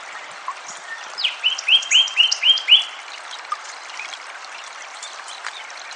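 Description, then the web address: Sinaloa wren song: a quick series of several whistled notes, followed by a few faint scattered notes. "Wrens Kinglets Gnatcatchers Sinaloa Wren RThompson song"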